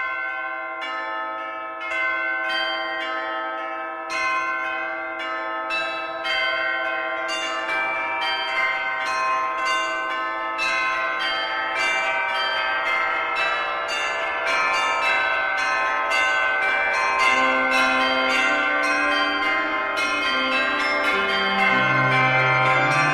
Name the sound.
Warm Instrumental & Cozy Coffee Shop Ambience